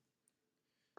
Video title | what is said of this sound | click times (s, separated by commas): Bracelets Apple Watch - Différents, Nike, Sport, Cuir - Changer de Bracelet | ce qu'il faut faire, c'est venir mettre la montre, venir réussir à clipser ici. | 1.0 s